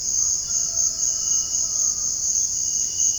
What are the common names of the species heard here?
none